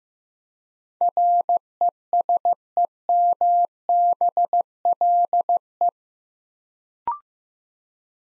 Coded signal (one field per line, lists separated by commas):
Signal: Morse code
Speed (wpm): 15 wpm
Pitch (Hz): 700 Hz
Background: none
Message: RESEMBLE